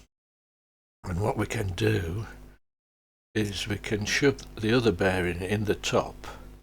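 Someone talks while handling a second bearing that is about to be pushed into the top housing piece of a small DC motor drawing robot. Speech runs from about 1.0 to 2.6 seconds and again from 3.3 seconds to the end, with a short silence between. The bearing has not seated or clicked into place yet.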